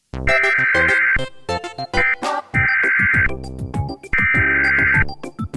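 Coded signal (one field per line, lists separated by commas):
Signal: Emergency Alert System (SAME) tones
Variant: header bursts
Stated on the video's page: Parody EAS alert set to a Mario game theme.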